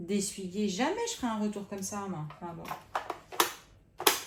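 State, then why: Seated. A plastic part is pressed into place on an ECOVACS Deebot X5 OMNI robot vacuum while someone talks, followed by a few sharp clicks near the end. It clips in at 4.1 s, and it is confirmed seated with everything turning freely.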